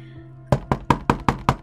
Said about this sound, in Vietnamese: Tiếng gõ cửa phòng.